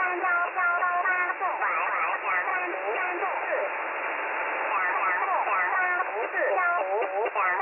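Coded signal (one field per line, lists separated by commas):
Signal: numbers station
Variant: VC01, Chinese robotic voice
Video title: VC01 Chinese Robot at 4684 kHz in USB mode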